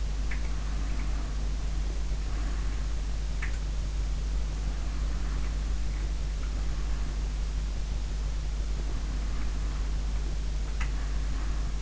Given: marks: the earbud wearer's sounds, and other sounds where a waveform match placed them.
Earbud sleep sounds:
sounds in sleep by an in-ear microphone; breath, teeth grinding
0.00-3.12 s: breath
0.16-0.45 s: teeth grinding
3.18-3.80 s: teeth grinding
4.48-7.49 s: breath
8.41-11.82 s: breath
10.33-11.27 s: teeth grinding

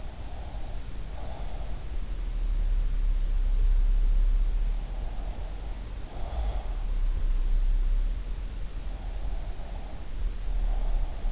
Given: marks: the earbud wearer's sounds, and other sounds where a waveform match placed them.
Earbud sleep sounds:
sounds in sleep by an in-ear microphone; breath
0.00-1.71 s: breath
4.87-6.70 s: breath
9.12-11.32 s: breath

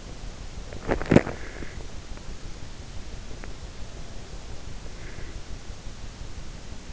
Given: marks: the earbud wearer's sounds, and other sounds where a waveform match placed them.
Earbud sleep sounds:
sounds in sleep by an in-ear microphone; teeth grinding, breath
0.63-1.48 s: teeth grinding
1.18-1.90 s: breath
4.93-5.50 s: breath

